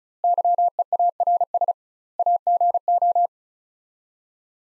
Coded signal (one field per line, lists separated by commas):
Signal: Morse code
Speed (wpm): 36 wpm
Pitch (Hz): 700 Hz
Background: none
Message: YEARS AGO